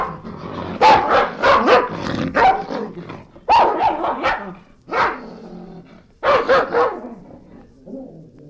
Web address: dog angry snapping andgrowls with a few barks